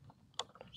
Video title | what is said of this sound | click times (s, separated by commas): How to Sharpen Secateurs and Loppers (THE EASY WAY) - Gardening Hacks | and I hear a click it then just goes on easily | 0.4 s